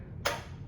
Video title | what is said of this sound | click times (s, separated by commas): How to - Different types of cuts when woodworking with a miter saw | up, and mark it over to 45, and you'll hear it lock in place because that's a standard measurement. | 0.3 s